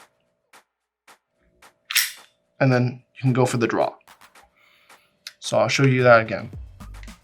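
A gas blowback Glock-style airsoft pistol is handled at a polymer quick-draw holster, whose locking mechanism is meant to snap onto the gun with a loud click. Faint ticks and a sharp burst of noise near 1.9 s are heard as someone talks. The pistol has not gone home in the holster and nothing has seated or clicked yet.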